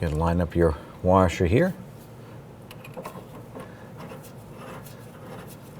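Someone talks while lining up the metal lock washer for the inner tie rod on the steering rack end of a 2009–2015 Honda Pilot. The washer's tabs will lock into the steering rack once the inner tie rod is threaded on. After the talking, only light handling and rubbing sounds follow, with a few faint ticks around 2.7–3.1 seconds, and nothing has seated or clicked yet.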